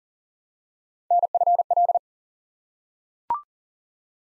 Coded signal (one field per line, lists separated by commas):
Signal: Morse code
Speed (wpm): 41 wpm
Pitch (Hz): 700 Hz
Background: none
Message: NFL